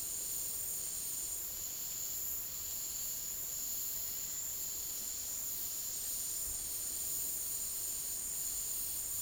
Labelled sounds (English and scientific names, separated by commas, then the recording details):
none
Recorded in dense forest near Puerto Asís, Putumayo, Colombia, on 19 March 2025 at 15:00
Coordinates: 0.503, -76.323
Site GP09